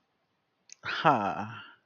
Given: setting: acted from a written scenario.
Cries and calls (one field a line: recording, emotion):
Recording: vocal sound without words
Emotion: contentment